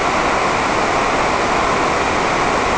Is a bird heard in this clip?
no